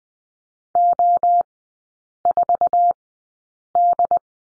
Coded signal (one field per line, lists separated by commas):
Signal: Morse code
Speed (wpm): 20 wpm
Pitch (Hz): 700 Hz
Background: none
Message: O4D